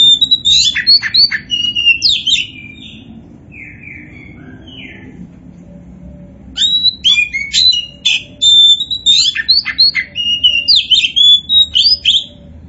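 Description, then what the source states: Oriental magpie-robin song of loud, fast-changing whistles and chattering notes, a short opening burst, a quiet gap, then a long, energetic run of varied phrases to the end. Kacer poci variety, singing in vigorous full song known as gacor.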